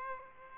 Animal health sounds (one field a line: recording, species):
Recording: mosquito wingbeat signal from an infrared sensor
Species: Aedes aegypti